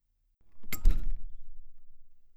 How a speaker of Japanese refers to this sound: あ、部屋の前に着いたよ。ドア開けるね。